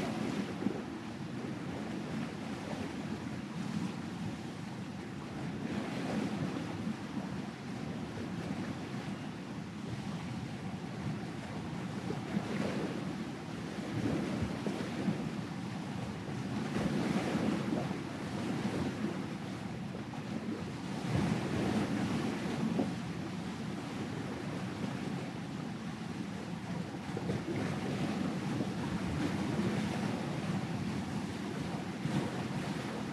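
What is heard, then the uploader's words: Waves roll onto a beach in a steady, dense roar that never drops away, with heavier surges swelling around 13, 17 and 21 seconds. The sound sits mostly low and full, with a hissing wash above it and wind buffeting the microphone throughout. Powerful Waves at Night on Museddu Beach - Ocean Sounds for Deep Sleeping.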